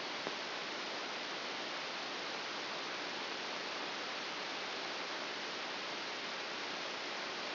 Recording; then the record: brain microelectrode recording played as sound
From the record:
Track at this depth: inside the subthalamic nucleus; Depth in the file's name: 0.606 mm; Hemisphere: right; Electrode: 2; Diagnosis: Parkinson's disease